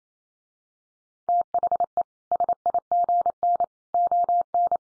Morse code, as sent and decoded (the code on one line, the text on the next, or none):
- .... . / ... .. --. -. / --- -.
THE SIGN ON